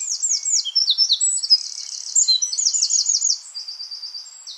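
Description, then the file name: Eurasian wren song, very high and rapid, sweeping notes running into a steady buzzy trill. "Troglodytes troglodytes"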